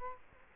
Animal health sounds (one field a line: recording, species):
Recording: mosquito wingbeat signal from an infrared sensor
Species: Culex quinquefasciatus